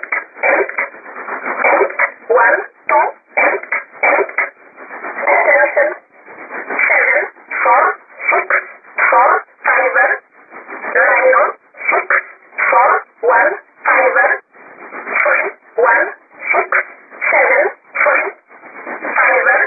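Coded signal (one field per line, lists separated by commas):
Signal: numbers station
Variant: E11 Oblique, English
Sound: a voice on single-sideband radio reads short, evenly spaced words, likely numbers, in English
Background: radio static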